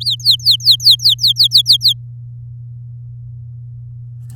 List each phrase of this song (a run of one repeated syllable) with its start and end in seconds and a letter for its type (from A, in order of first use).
0.00-1.93 A